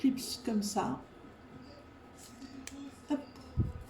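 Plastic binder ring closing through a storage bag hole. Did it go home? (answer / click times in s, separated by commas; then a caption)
yes / 2.7 s. A small plastic split binder ring, the kind used for notebooks, is clipped shut through the hole in a small zip bag of rhinestones while someone talks. A short, sharp click at 2.7 seconds marks the ring snapping closed.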